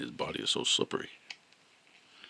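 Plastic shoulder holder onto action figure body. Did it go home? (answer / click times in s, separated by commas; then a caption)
no / none. Someone talks while pushing a plastic over-the-shoulder holder onto a Super 7 Ultimate G.I. Joe Cobra BAT action figure's body, trying to snap it into place after several failed tries. Brief plastic handling ticks follow the talking, but nothing has seated or clicked yet.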